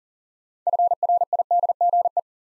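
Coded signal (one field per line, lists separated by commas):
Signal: Morse code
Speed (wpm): 38 wpm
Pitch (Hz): 700 Hz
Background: none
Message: FRIDGE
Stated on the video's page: Morse practice drill at 40 wpm building 6-letter words three letters at a time, for instant character recognition.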